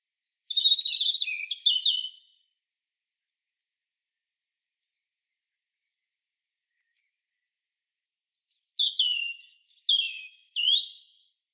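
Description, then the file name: European robin song: a brief high trilling phrase, then a long silence before a second, richer phrase of warbled and sliding notes. "Erithacus rubecula"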